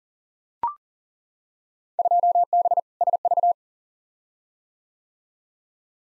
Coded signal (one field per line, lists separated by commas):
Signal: Morse code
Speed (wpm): 40 wpm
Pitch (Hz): 700 Hz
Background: none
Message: 2B SV